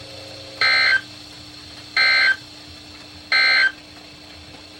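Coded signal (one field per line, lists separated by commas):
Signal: Emergency Alert System (SAME) tones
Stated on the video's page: Alerts relayed over NOAA Weather Radio stations: high wind and severe thunderstorm warnings issued by Sterling, VA during a thunderstorm line.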